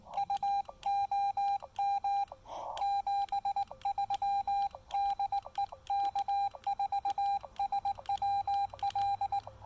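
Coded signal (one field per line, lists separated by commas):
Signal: Morse code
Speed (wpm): 18 wpm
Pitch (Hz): 800 Hz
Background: none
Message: U OM 73 DE K4SWL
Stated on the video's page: Sent during a casual trailside QRP park activation using a Xiegu X5105 with a PackTenna 9:1 unun antenna.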